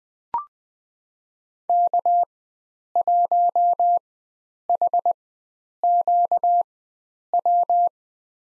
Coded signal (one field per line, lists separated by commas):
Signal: Morse code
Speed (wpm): 20 wpm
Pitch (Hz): 700 Hz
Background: none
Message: K1HQW